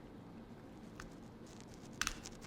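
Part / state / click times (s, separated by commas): plastic guard comb onto electric trimmer head / seated / 2.0 s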